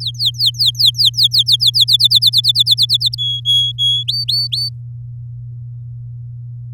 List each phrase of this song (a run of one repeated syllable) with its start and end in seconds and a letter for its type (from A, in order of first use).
0.00-1.84 A, 1.88-3.15 B, 3.18-4.03 C, 4.08-4.70 D